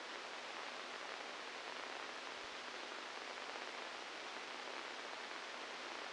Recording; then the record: brain microelectrode recording played as sound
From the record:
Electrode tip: inside the subthalamic nucleus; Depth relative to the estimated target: 2 mm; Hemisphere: left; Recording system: NeuroSet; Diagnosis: Parkinson's disease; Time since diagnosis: 12 years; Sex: male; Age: 61 years